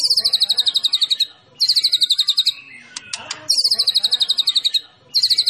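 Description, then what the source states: White-rumped shama song: rapid high trills repeated in bursts, with a short noisy clatter between two of them. Champion white-rumped shama.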